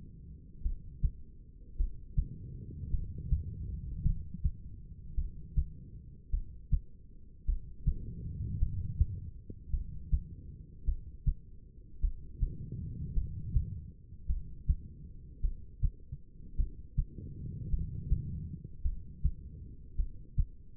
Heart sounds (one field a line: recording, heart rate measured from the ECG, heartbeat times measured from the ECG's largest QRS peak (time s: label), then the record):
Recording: heart sounds by stethoscope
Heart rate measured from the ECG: 53 bpm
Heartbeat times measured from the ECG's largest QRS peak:
0.62 s: heartbeat
1.76 s: heartbeat
2.90 s: heartbeat
4.02 s: heartbeat
5.15 s: heartbeat
6.30 s: heartbeat
7.45 s: heartbeat
8.58 s: heartbeat
9.70 s: heartbeat
10.84 s: heartbeat
12.00 s: heartbeat
13.13 s: heartbeat
14.26 s: heartbeat
15.41 s: heartbeat
16.56 s: heartbeat
17.69 s: heartbeat
18.82 s: heartbeat
19.96 s: heartbeat
From the record:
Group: heart failure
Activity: rest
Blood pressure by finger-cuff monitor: 88/65 mmHg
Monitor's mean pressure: 73 mmHg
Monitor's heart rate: 53 bpm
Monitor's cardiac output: 2.5 L/min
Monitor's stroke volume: 47 mL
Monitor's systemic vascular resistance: 2100 dyn s/cm5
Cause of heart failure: non-ischemic cardiomyopathy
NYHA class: 1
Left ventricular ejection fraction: 52%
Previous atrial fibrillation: present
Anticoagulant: apixaban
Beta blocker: bisoprolol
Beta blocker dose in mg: 10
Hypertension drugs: sacubitril-valsartan, spironolactone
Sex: female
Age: 68 years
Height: 169 cm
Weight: 71 kg